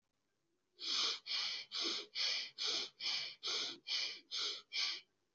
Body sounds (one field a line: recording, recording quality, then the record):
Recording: shallow breathing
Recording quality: excellent, no background noise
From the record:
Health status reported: healthy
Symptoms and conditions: none ticked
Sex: female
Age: 27 years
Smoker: not ticked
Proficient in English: yes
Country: India